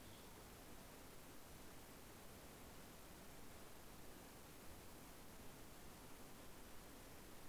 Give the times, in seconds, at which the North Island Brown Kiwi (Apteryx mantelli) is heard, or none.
none